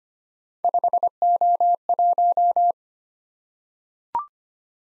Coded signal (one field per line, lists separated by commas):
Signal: Morse code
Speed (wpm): 25 wpm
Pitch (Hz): 700 Hz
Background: none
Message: 5O1